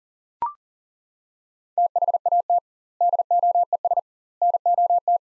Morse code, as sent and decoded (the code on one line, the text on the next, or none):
- .... .- - / -.. --- . ... / -. --- -
THAT DOES NOT